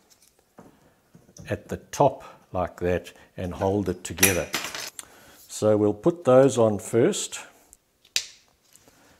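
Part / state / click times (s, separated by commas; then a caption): plastic back-panel bracket onto cabinet side panel / seated / 8.2 s. A small plastic bracket is pushed onto the edge of a flat-pack cabinet side panel to hold the back board. Someone talks first, then a sharp snap at 8.2 seconds marks the bracket clicking into place.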